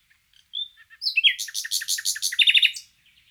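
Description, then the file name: Common nightingale song opening with a clear whistle, then a fast rattling series of sharp chirps and a quick trill of repeated notes near the end. "Luscinia megarhynchos"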